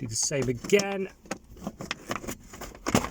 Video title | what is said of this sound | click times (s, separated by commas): Nissan Navara D40 2005 on, how to remove factory fitted radio + part numbers for converter cable. | click. There you go. | 2.9 s